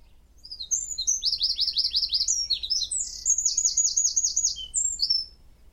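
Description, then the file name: Eurasian wren singing a long, energetic phrase of shrill notes and two fast rattling trills, high-pitched and loud for about four and a half seconds. "Troglodytes troglodytes"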